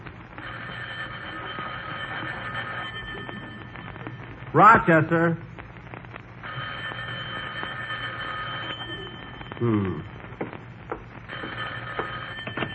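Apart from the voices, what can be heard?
telephone ringing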